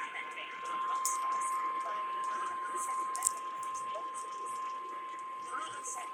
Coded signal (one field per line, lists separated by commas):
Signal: Emergency Alert System (SAME) tones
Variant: 1050 Hz attention tone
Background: speech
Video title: THE 2023 PREMIERE! (EAS Compilation) EAS Alerts from 1/9 - 1/10/2023